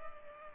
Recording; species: mosquito wingbeat signal from an infrared sensor; Culex pipiens